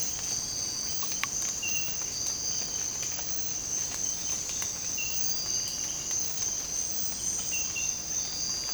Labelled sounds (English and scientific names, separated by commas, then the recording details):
none
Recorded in secondary vegetation near Puerto Asís, Putumayo, Colombia, on 12 March 2025 at 06:00
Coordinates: 0.485, -76.322
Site G040